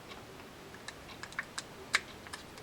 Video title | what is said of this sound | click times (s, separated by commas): Penn Long Beach 65 saltwater fishing reel in parts how to service and reassemble | you hear that little snap so that you know that that stream is seated and then | 2.0 s